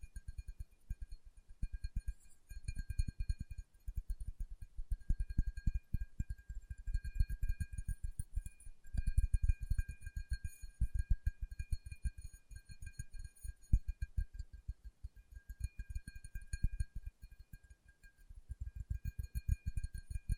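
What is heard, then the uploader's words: Fingertips tap in quick, dense bursts of soft, low thuds, the rhythm loose and irregular with brief pauses around 2, 6 and 17 seconds. Behind the taps runs a faint, steady high-pitched whine made of several thin tones. ASMR Tapping with Fingertips (No Talking).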